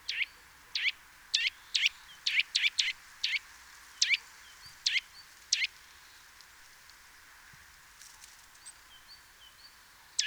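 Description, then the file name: Eurasian nuthatch calling with sharp, emphatic notes, several in quick succession, then spaced out, followed by a long gap and one final loud call. "Sitta europaea"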